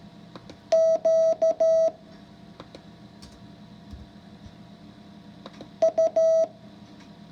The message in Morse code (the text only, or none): Q U